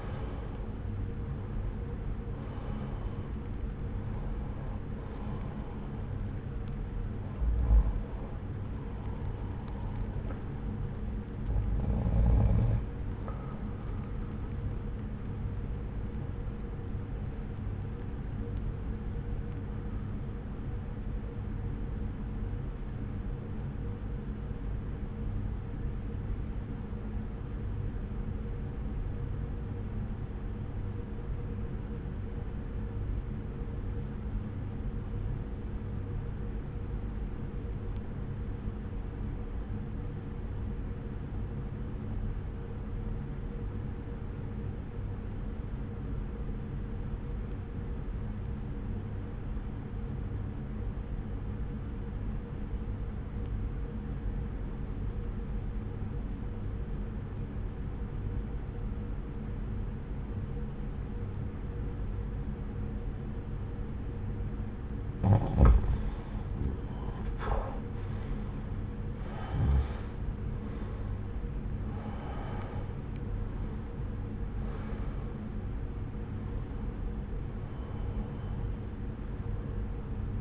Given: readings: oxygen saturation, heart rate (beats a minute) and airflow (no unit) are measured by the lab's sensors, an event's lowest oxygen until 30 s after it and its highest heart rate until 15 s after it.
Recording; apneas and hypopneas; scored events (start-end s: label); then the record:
breathing in sleep by a smartphone at the bedside; 1
19.00-67.50 s: obstructive apnea (REM, oxygen 97% highest, then 80% lowest)
From the record:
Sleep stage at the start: REM sleep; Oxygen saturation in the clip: 82 to 97%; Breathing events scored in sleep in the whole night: 303 in 8.1 hours asleep